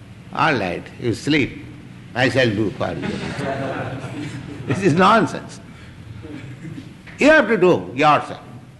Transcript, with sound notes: All right, you sleep. I shall do for you." [laughter] This is nonsense. You have to do yourself.